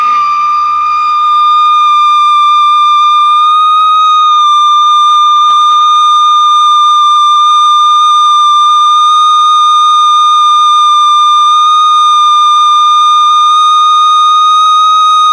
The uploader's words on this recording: The Extraordinary Sound of the Railroad Switch Gas-jet Flute. Switch de-icing mechanism on the railroad tracks between King Street and Woodmont Road in Northampton, MA, recorded Winter 1998-99 by Dan Bodah.